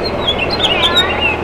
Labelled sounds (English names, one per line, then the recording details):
House Finch song
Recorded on Long Island, New York, on 18 June 2012
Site OG
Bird B